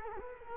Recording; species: mosquito wingbeat signal from an infrared sensor; Culex quinquefasciatus